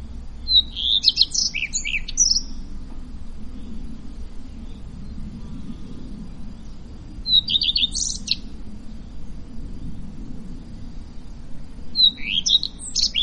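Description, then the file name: Common redstart singing brief high phrases, each a whistled start breaking into quick twittering notes, repeated every few seconds over a steady low rumble. Around 27 May 2016. "Rougequeue a front blanc Vers 27-05-2016"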